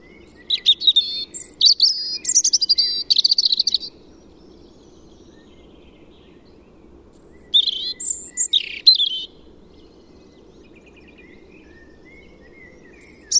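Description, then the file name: European robin singing two bright, tinkling phrases of rapid high notes and trills, separated by a long quiet pause, with another phrase starting at the very end. "Erithacus rubecula"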